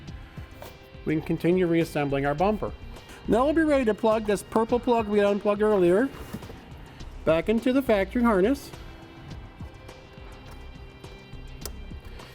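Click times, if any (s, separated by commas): 11.7 s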